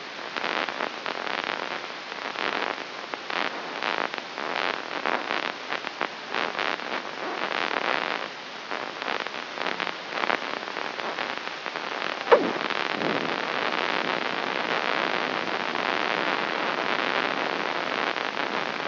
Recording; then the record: brain microelectrode recording played as sound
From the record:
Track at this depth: inside the subthalamic nucleus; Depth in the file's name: 4.916 mm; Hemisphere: left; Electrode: 3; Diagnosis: Parkinson's disease